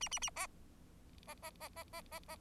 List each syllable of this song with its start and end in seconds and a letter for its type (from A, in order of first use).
0.01-0.09 A, 0.11-0.19 A, 0.21-0.30 A, 0.36-0.47 B, 1.27-1.34 B, 1.42-1.50 B, 1.60-1.68 B, 1.76-1.83 B, 1.93-2.01 B, 2.11-2.19 B, 2.28-2.36 B